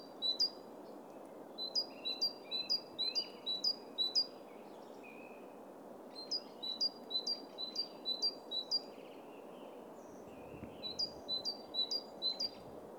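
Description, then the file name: Great tit with a ringing, see-sawing two-note song, phrases repeated in runs of several, softer notes between runs, and steady background noise behind. "Parus major"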